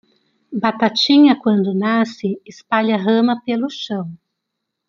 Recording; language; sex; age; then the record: short text; Brazilian Portuguese; female; 50 to 59 years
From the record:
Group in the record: control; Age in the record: 50 years